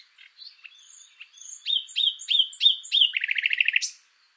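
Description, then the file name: Common nightingale song: scattered soft notes build into loud repeated whistled phrases, then a rapid rattling trill and a sharp high final note. "Luscinia megarhynchos"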